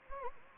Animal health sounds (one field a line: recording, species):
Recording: mosquito wingbeat signal from an infrared sensor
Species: Anopheles gambiae